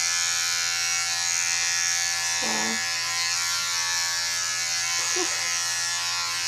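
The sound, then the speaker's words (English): A steady electric shaver buzz runs throughout at an even loudness, a dense high-pitched drone, with two brief faint vocal sounds rising over it. “Well, that's the shaver version.”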